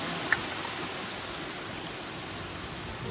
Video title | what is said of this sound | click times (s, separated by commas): Wheel Bearing Re-pack on Imagine XLS 17MKE | hear that click? Yes. That means it's reached 90 pounds. | 0.3 s